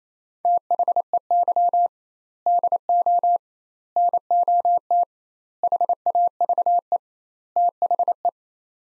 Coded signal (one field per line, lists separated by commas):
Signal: Morse code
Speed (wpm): 27 wpm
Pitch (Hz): 700 Hz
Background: none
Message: THEY DO NOT HAVE THE